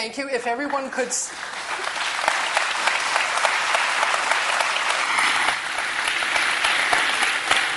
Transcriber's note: applause